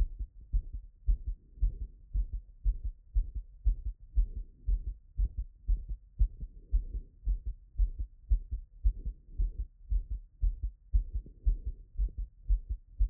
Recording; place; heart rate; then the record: heart sounds by stethoscope; Erb's point; 115 bpm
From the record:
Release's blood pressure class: hypertension stage 2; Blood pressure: 148/90 mmHg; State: after exercise